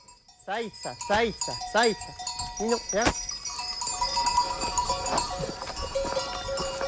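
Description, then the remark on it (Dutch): A flock of 75 sheep climbing a mountain in eastern France toward their pasture bleats in quick, wavering calls, several overlapping in the first few seconds, while bells clink and jangle steadily throughout over a rustle of movement. “Loop in Oost-Frankrijk in de bergen achter een kudde van 75 schapen die omhoog klimmen.”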